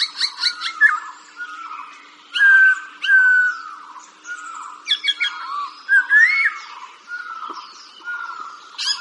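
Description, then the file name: Laughingthrush song: rich whistled phrases mixed with harsh clicking notes and an upward-sliding whistle, delivered in uneven bursts. "tieng chim khuou hot"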